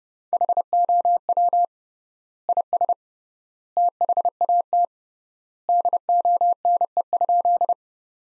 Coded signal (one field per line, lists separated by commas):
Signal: Morse code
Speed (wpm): 31 wpm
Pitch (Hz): 700 Hz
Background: none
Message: HOW IS THAT DONE?